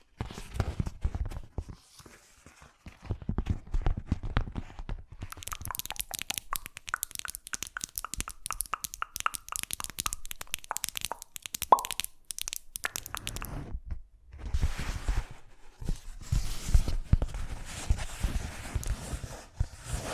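Fast, unpredictable ASMR triggers: quick tapping and clicking that keeps shifting in texture. A dense burst of sharp, bright ticks runs from about five to thirteen seconds, then a short pause, and softer thumping, rustling sounds return near the end.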